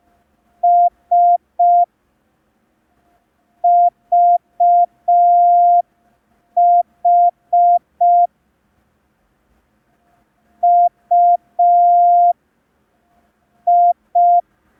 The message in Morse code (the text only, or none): S VH UI